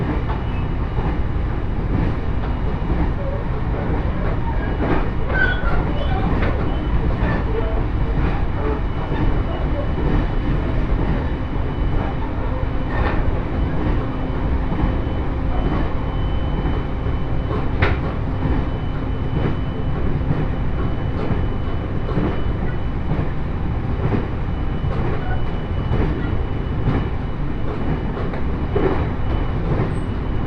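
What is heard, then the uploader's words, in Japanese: A Joban Line train ride from Sendai to Hamayoshida: a steady low rumble with frequent clicks and knocks, plus a faint high tone. 鉄道旅 常磐線 仙台→浜吉田。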